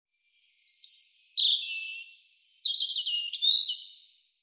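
European robin singing a rich, high, tumbling phrase of sweet whistles and fast trills that shifts pitch several times and lasts nearly four seconds before fading out.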